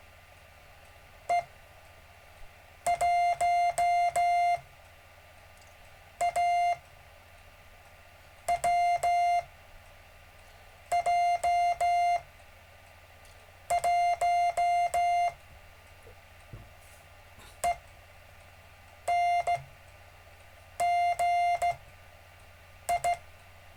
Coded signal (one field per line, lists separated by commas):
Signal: Morse code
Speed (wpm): 15 wpm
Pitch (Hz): 700 Hz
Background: music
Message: E 1 A W J 1 E N G I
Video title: David Casler Live Stream Morse Code 1 17 Feb 2018